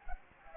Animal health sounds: mosquito wingbeat signal from an infrared sensor; Anopheles gambiae

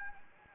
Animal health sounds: mosquito wingbeat signal from an infrared sensor; Anopheles gambiae

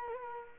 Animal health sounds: mosquito wingbeat signal from an infrared sensor; Culex quinquefasciatus

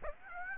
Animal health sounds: mosquito wingbeat signal from an infrared sensor; Aedes aegypti

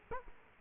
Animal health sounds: mosquito wingbeat signal from an infrared sensor; Culex quinquefasciatus

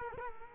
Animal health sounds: mosquito wingbeat signal from an infrared sensor; Culex quinquefasciatus

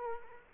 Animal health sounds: mosquito wingbeat signal from an infrared sensor; Culex quinquefasciatus

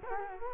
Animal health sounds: mosquito wingbeat signal from an infrared sensor; Culex quinquefasciatus

